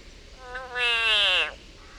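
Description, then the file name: Frog distress scream: a single harsh, harmonic wail about a second long, falling slightly in pitch and standing out over soft background noise. Frog in agony. "Yannick Dauby agony of a frog"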